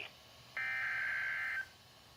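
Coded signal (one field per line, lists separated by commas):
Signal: Emergency Alert System (SAME) tones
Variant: header bursts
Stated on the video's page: Tornado Watch alert received on NOAA Weather Radio.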